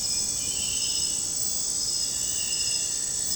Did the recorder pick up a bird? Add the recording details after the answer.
no. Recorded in pastures near Puerto Asís, Putumayo, Colombia, on 26 December 2024 at 02:00. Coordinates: 0.466, -76.322. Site G040